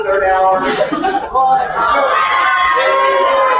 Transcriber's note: laughs